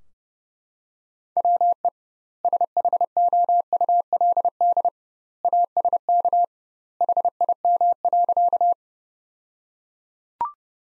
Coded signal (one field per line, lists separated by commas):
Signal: Morse code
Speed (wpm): 30 wpm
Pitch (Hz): 700 Hz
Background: none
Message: WE SHOULD ASK HIM.